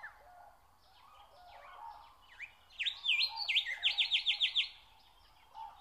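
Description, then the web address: Nightingale song with soft scattered notes, then a loud run of repeated V-shaped whistles, over faint background birds. Song recorded in spring. "spiew slowika wiosna"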